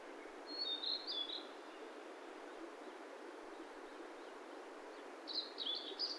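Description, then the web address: Bird song: a thin, high twittering phrase early on, a quiet gap, then a burst of rapid high notes at the end, over steady hiss. "yacho koe"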